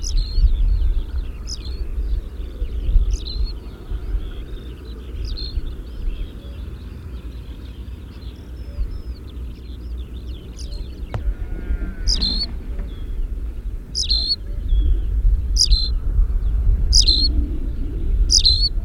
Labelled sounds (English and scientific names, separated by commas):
Tawny Pipit (Anthus campestris) song